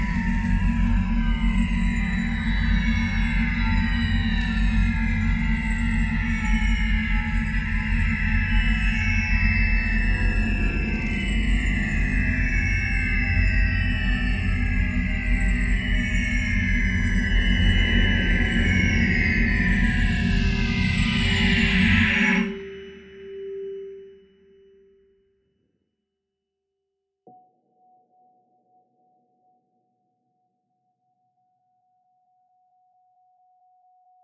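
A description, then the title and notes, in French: An orchestra of quartz crystal bowls rings in a thick, sustained layered drone, low tones beneath bright shimmering overtones that slowly waver and beat. Around 22 seconds the sound cuts off and fades, leaving near silence, then a single soft high tone lingers quietly. Ces vases, généralement utilisés pour la méditation ou la musicothérapie, produisent un son très rapproché de l'onde sinusoïdale. Un orchestre de vaisseaux de cristal de quartz.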